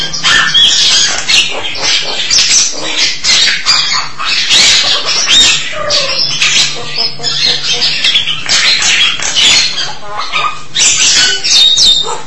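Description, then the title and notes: Starling song: a dense, unbroken stream of harsh, scratchy chatter mixed with squeaky notes, loud throughout. "suara burung jalak"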